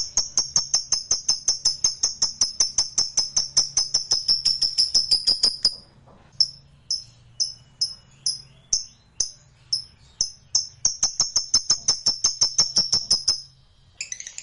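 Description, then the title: Lovebird: high shrill notes, first as a sustained stream, then as short chirps about twice a second, before the stream returns, with steady clicking pulses running through much of it. Lovebird song used as trigger audio to get a lovebird that is reluctant to sing excited, so it starts singing spontaneously. "LOVEBIRD Malas Bunyi JADI GREGET SPONTAN Langsung NARIK"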